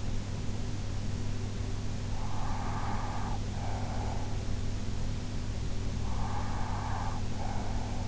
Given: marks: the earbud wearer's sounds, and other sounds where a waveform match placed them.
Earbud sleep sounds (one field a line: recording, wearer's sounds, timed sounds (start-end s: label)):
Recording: sounds in sleep by an in-ear microphone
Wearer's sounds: breath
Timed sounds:
2.14-4.48 s: breath
6.03-8.08 s: breath